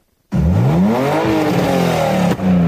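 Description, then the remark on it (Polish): Loud car engines rev hard at a motoring enthusiasts' rally and season opening on the green grounds of Lublin University of Technology, with old, new and tuned vehicles, their pitch sweeping up and down in rising and falling waves after a brief silence, with a short dip before another surge. “Wszystko na terenach zielonych Politechniki Lubelskiej, gdzie cały dzień słychać było pisk opon i ryk silników.”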